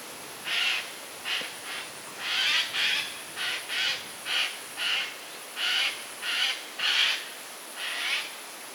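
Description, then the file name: Eurasian jay giving a long series of harsh, rasping screeches in short bursts at somewhat uneven intervals, over a steady high hiss. "Garrulus glandarius"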